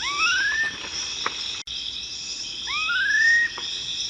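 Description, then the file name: Black-faced cotinga delivers a pair of smooth upward-sliding whistles amid steady high insect noise. "Canto do anambe de cara preta"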